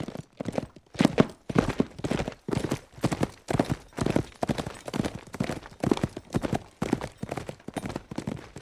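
Horse galloping, hoofbeats falling in clear rhythmic clusters, repeated steadily throughout.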